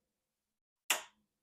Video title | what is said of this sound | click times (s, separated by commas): 🔴 Why Yarbo? Discover the Power of Modular Design – Live Q&A & Exclusive Deals! | Click. Click. Did you hear that? It wasn't my knee. It wasn't my back. It was actually the Yarbo unit | 0.9 s